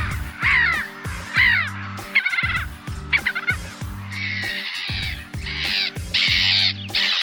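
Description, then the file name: Black-headed gull calls: harsh, raspy cries in quick irregular bursts over a steady low rhythmic thumping throughout. Recorded in 2019. "la mouette rieuse-s 09-2019"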